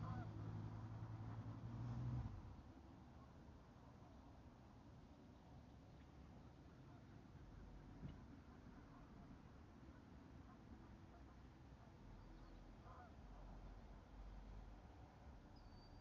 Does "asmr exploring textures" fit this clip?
no